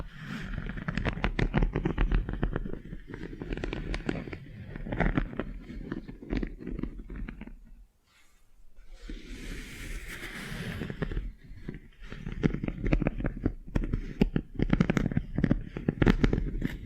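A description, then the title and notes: A wax facial spa treatment: dense, crackly tapping and sticky handling sounds come in quick irregular bursts with a low rumbling underneath. Near the eight-second mark it briefly drops to near silence, then a soft hiss rises around ten seconds before the busy crackling resumes. ASMR Tingly Wax Facial Spa Treatment for Sleep (No Talking).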